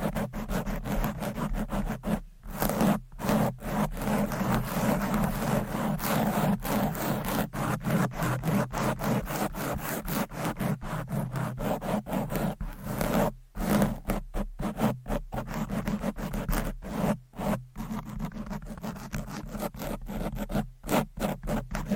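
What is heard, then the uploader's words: Long nails scratch fast and hard right against the microphone, producing a dense, rough, wood-like rasp that fills everything from the low thump up to the bright hiss. The strokes run almost without pause, broken only by brief silences near 2, 13 and 17 seconds. ASMR Fast and Aggressive Mic Scratching - Brain Scratching with Long Nails No Talking.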